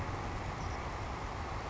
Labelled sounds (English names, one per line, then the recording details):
Savannah Sparrow
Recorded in Sonoma County, California